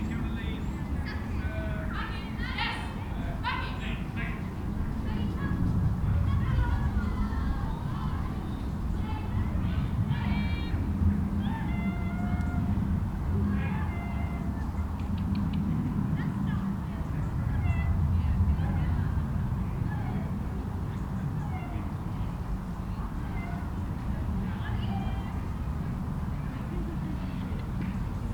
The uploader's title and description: Country park. Families are filling the park and children are trying their new bicycles that they received for Christmas.